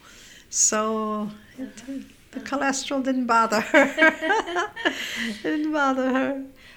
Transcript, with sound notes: So the cholesterol didn't bother her. (she laughs) It didn't bother her.